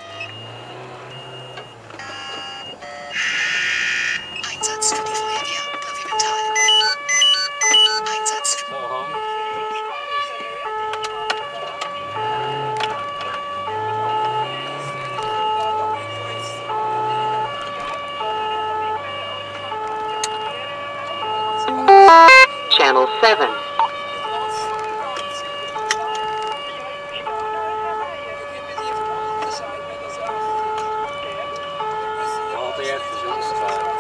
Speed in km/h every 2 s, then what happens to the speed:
36, 25, 25, 8, 0, 7, 22, 39, 55, 66, 72, 68, 68, 65, 63, 63, 60.
0-9 brakes to 0. 9-19 pulls away to 72. 19-34 slows to 60.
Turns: 3-12.